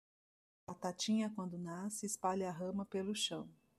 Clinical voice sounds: short text; Brazilian Portuguese; female; 40 to 49 years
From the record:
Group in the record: control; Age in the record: 42 years

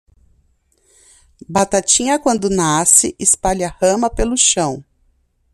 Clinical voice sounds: short text; Brazilian Portuguese; female; 40 to 49 years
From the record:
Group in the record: control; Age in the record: 43 years

